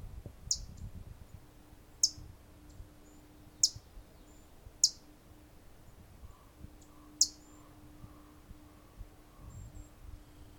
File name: Blackpoll Warbler - Setophaga striata